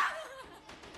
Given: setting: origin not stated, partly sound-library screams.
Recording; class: one-second piece from a danger detection set; woman in danger